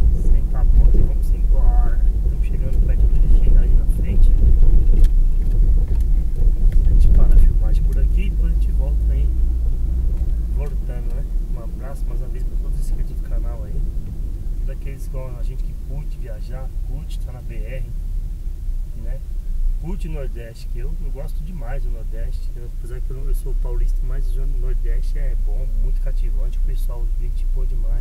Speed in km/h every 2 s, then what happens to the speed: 42, 42, 35, 31, 36, 37, 32, 23, 17, 13, 13, 12, 10, 7.
2-5 brakes to 31. 10-18 slows to 13. 18-28 steady at about 12.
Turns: none.